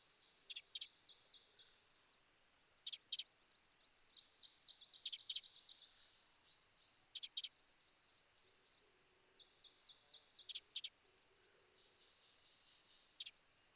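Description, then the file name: Eurasian wren giving hard, dry double ticks about every two to three seconds, with soft, high, thin chirps in the gaps. "Troglodytes troglodytes"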